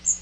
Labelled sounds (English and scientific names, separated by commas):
Magnolia Warbler (Setophaga magnolia) flight call